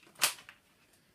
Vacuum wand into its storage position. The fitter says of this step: that click then